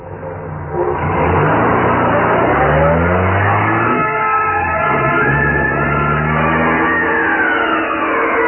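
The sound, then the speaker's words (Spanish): A sports car speeds along a dusty dirt road toward New Forlín, its engine roaring loudly and steadily, the pitch climbing in repeated surges as it accelerates and shifts gears, with no voices present. “El auto Sport avanzaba vertiginosamente por el polvoso camino que conducía a New Forlín.”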